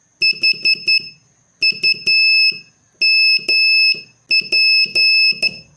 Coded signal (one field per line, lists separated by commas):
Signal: Morse code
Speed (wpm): 12 wpm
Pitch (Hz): 2600 Hz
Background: none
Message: HUMP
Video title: Morse Code Practice Session 8